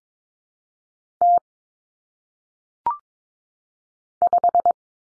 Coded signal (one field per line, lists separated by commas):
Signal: Morse code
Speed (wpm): 22 wpm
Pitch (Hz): 700 Hz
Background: none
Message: T 5